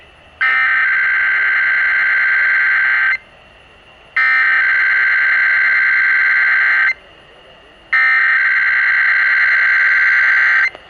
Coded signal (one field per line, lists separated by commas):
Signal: Emergency Alert System (SAME) tones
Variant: header bursts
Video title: ACTIVATE PROPERLY, DANGIT! Broadcast Radio EAS: Required Monthly Test (EAS #318)